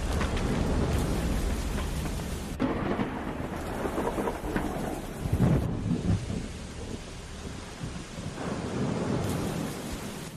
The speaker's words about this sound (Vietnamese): Trên bầu trời, sấm sét cứ nổ đùng đùng, gió mưa rít lên từng cơn, cuốn trôi hết tất cả.